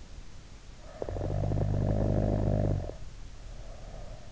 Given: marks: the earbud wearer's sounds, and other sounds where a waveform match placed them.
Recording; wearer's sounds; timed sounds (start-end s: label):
sounds in sleep by an in-ear microphone; snoring breath
0.50-4.27 s: snoring breath